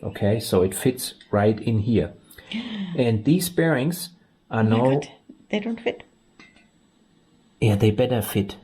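Someone talks while handling a steel-backed upper crankshaft main bearing shell with oil holes at its saddle in the engine block of a Land Rover Discovery TDV6 diesel, with a faint brief sound near 6.4 s. The shell has not yet snapped into the block; nothing has seated yet.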